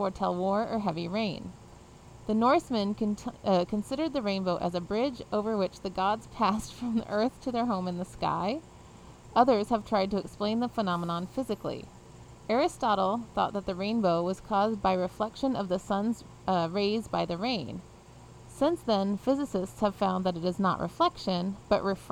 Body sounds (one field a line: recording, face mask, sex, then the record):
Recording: reading aloud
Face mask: surgical mask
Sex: female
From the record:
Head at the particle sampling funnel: facing it